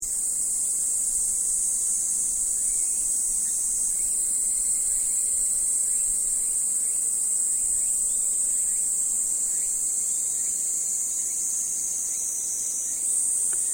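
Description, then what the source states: Insects droning in a steady, unbroken high-pitched buzz throughout, with faint scattered chirps beneath and no other clear sounds. Summer insect ambience recorded at Takao.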